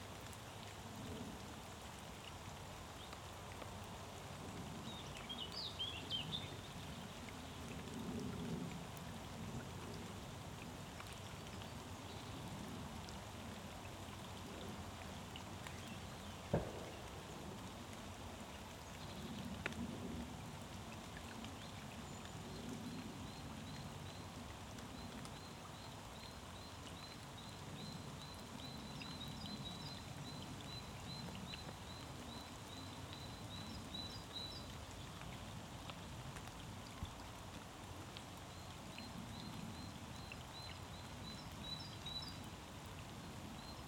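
Light rain falls steadily into a pond, a dense, even patter with a low rumbling undertone that swells and eases slightly. A single sharp drop or tap stands out near seventeen seconds, and faint high chirps, likely a bird or insect, repeat from about twenty-five seconds on.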